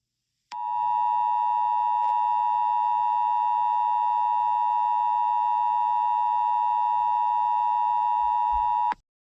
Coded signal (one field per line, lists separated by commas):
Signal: Emergency Alert System (SAME) tones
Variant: 853 and 960 Hz attention tone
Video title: EAS SCENARIO 26: Yarnaby's Rampage